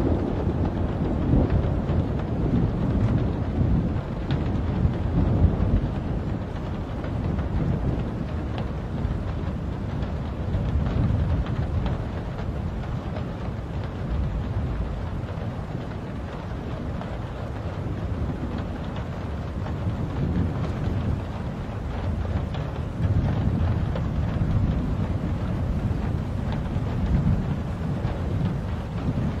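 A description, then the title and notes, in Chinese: A stormy night heard from inside a room: a deep, constant rumble of rain and wind fills the low end throughout, with rolling swells of heavier thunder around five seconds and again near twenty-five. The sound stays dense and muffled, with little brightness above. 夜晚客房 雷雨天气。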